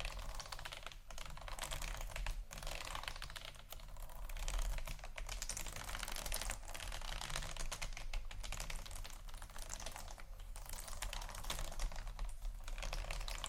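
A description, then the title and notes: Beads and pearls clatter and click in a dense, continuous rattle, like a stream of tiny hard pieces tumbling over one another. The crisp, bright ticking barely lets up, with brief dips around 1, 2.5, 6.5, 10 and 12.5 seconds, over a steady low rumble. ASMR Beads And Pearls（No Talking）.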